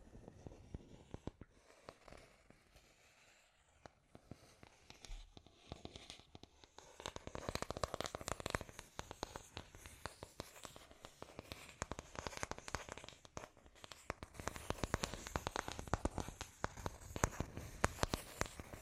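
Scratchy tapping in dense, irregular bursts of bright clicks and rasps, sparse for the first seven seconds, then busier and louder throughout.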